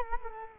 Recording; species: mosquito wingbeat signal from an infrared sensor; Culex quinquefasciatus